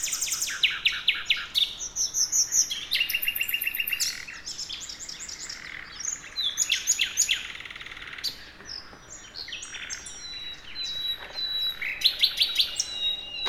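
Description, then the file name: Common nightingale song with many varied phrases: rattling trills, rapid repeated notes and thin high whistles, loud at first, softer in the middle, then rising again near the end. "Luscinia megarhynchos"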